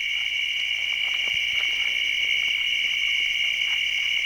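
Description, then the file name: Crickets sustain a dense, unbroken high trill, with faint soft ticks in the background. Guadiamar, 16 June 2006. "20060616 Crickets Guadiamar"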